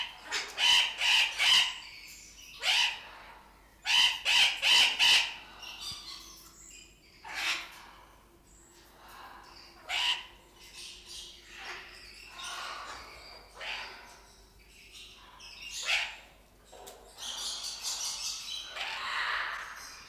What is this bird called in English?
Blue-winged Macaw